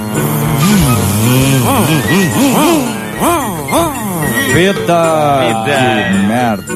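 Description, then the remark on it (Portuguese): A voice jokingly imitates a revving engine, making a loud string of 'vroom' sounds whose pitch repeatedly swoops up and down, almost continuous for about seven seconds. “foi só uma brincadeirinha, não sei quem é que fez vum, vum, vum, e já dá um arrepio. Já sente o barulho de motor, cheio de gasolina, roda, asfalto, o cara já fica maluco.”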